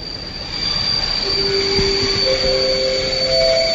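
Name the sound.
train running on rails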